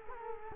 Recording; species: mosquito wingbeat signal from an infrared sensor; Culex quinquefasciatus